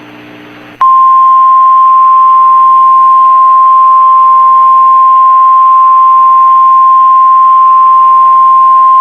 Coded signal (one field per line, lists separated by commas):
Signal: Emergency Alert System (SAME) tones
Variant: 1050 Hz attention tone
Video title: EAS Scenario- Fire Weather Outbreak